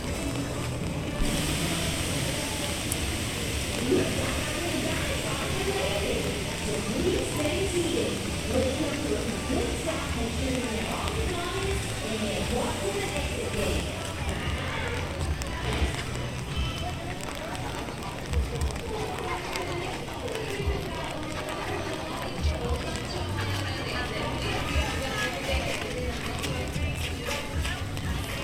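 A walk through Animal Kingdom park at Walt Disney World, filled with a steady, dense crowd murmur of overlapping voices. The level stays even throughout the clip, with scattered footsteps and brief clatters rising out of the chatter now and then.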